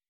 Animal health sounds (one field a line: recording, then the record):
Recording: hydrophone in a shrimp aquaculture tank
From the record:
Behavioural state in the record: weakened